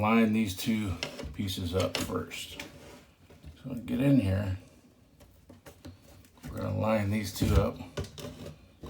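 A Nutone 696N bathroom exhaust fan motor assembly is lined up with its ceiling housing by hand before being clipped and pushed home, while someone talks. Only light handling noises are heard between the speech, and nothing has seated or clicked yet.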